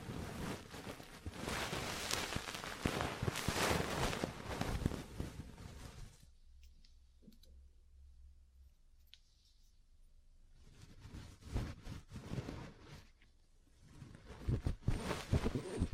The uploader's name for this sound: Ear Cleaning, Massage, Cupping, Tapping